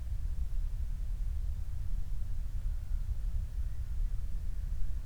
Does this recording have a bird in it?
no